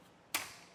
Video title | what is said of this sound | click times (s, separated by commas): etrailer - Thule OutPace Bike Rack for 2 Bikes Review - 2023 Buick Envision - TH39SA | They'll click into place. | 0.3 s